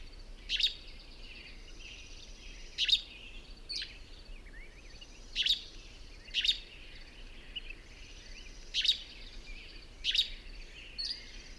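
Bird singing in high twittering phrases, with short sharp notes recurring every couple of seconds and quieter warbling between, over light hiss.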